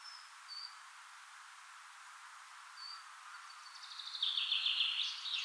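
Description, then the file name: Common chaffinch song: a few thin high notes, then a rattling trill that builds toward the end, amid steady hiss. "Fringilla coelebs"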